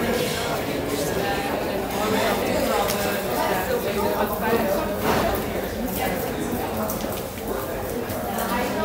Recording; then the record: background sound without coughing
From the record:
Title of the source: 40 min - Ambience sounds UNIVERSITY lunchroom chatting